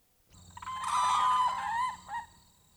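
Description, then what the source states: Whooping crane call: a single loud, trumpeting note lasting about one and a half seconds, rich in harmonics, ending with a short second note, over a low hum. Not heard in Florida for more than 60 years; described as the call of the Pleistocene Age, primitive, like a loon's call.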